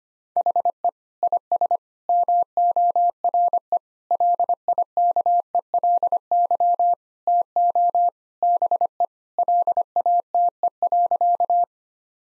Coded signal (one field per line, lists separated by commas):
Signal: Morse code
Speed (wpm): 25 wpm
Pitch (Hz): 700 Hz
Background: none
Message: HE IS MORE LIKELY TO BE LATE.